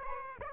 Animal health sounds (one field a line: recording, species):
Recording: mosquito wingbeat signal from an infrared sensor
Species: Aedes aegypti